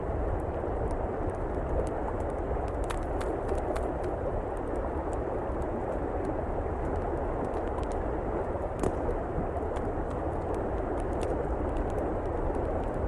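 A steady, dense rush of flowing water fills the scene, strongest in the low and middle range and unchanging throughout. Over it, a campfire pops and crackles with sharp, irregular clicks, clustering around the third and ninth seconds, some bright.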